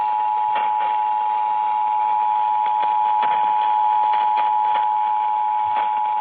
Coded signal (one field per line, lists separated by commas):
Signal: Emergency Alert System (SAME) tones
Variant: 853 and 960 Hz attention tone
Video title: [EAS #3155-#3156] New Years Day AMBER Alert (1/1/25) [Found Safe]